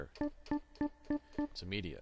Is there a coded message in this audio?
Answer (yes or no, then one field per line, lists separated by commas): no